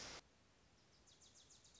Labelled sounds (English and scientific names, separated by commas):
Wilson's Warbler (Cardellina pusilla)